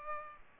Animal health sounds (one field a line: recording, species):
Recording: mosquito wingbeat signal from an infrared sensor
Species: Culex pipiens